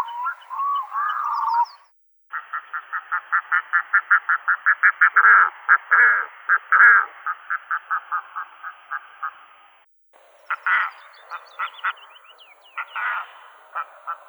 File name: Gavia stellata